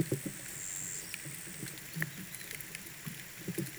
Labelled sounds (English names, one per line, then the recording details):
none
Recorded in pastures near Puerto Asís, Putumayo, Colombia, on 27 June 2025 at 17:30
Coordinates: 0.486, -76.323
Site H29